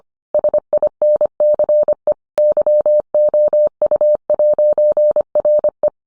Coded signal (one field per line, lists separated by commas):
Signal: Morse code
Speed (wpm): 25 wpm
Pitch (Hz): 600 Hz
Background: none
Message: SINCE YOU'RE